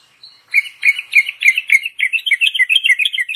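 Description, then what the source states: Yellow-vented bulbul gives a fast, rhythmic string of bright chirping notes after a faint soft start. Tutor recording used to train other birds, featuring the rapid 'tembakan' song style of a champion trucukan.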